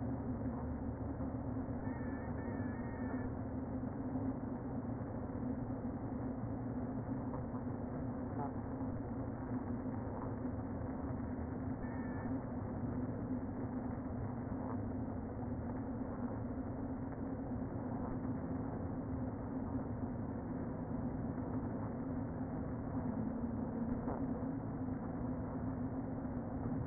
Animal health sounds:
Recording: honeybee colony, microphone inside the hive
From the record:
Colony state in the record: queen present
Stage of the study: before two queens were removed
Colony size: about 60,000 bees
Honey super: yes

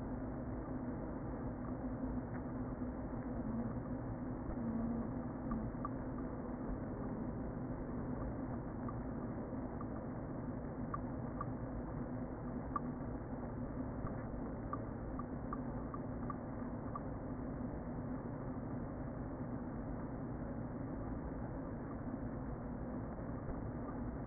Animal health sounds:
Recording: honeybee colony, microphone inside the hive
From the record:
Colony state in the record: queen present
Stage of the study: before two queens were removed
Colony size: about 60,000 bees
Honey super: yes

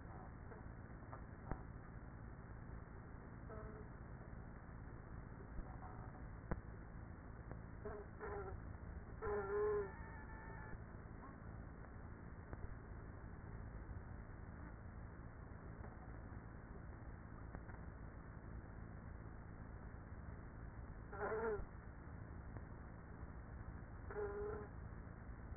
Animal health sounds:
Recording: honeybee colony, microphone inside the hive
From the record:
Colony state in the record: queenless with a low population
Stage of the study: after two queens were removed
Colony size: about 30,000 bees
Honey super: no

